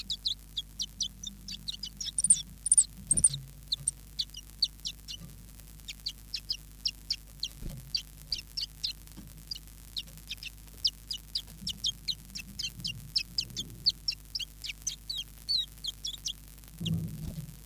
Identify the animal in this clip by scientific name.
Phylloscopus collybita